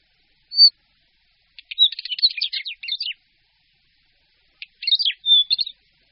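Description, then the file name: Northern wheatear song: one high whistled note, then a fast scratchy burst of clicks and chattering notes, and after a pause a shorter scratchy phrase ending in a thin whistle. "Bělořit-šedý"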